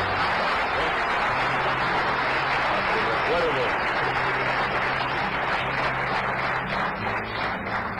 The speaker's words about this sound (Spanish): Miren dónde sembramos a Néstor. Vamos a darle un aplauso a su recuerdo.